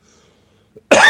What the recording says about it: I've had a bit of a chest cold lately. Bit of a chest cough.